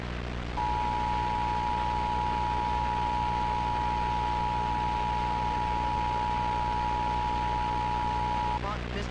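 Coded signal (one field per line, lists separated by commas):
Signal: Emergency Alert System (SAME) tones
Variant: 853 and 960 Hz attention tone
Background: speech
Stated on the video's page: Fictional EAS scenario depicting a hijacked national EAS test.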